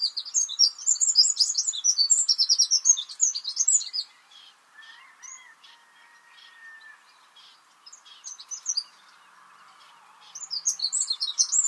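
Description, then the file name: Eurasian wren singing a fast, high, rattling trill for about four seconds, then a quiet pause before another rapid trilled phrase begins. "Troglodytes troglodytes"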